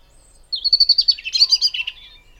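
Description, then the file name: European robin giving one quick high phrase, a fast run of high notes dropping into a lower descending trill. "Erithacus rubecula"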